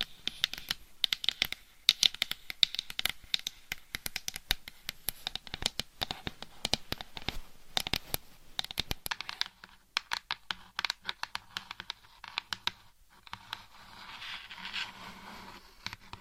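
Dense scratching and quick tapping, crisp and bright, run nearly constantly, thinning after nine seconds into sparser taps and soft rubbing.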